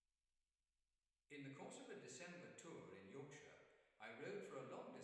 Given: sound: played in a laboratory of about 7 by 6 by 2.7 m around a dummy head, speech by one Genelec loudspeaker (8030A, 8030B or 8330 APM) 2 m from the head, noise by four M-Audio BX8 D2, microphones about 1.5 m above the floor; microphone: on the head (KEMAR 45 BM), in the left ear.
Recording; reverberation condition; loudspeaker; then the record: male speech in English; high; 120 degrees to the left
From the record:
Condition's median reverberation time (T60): about 1300 ms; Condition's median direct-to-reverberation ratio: about -4.0 dB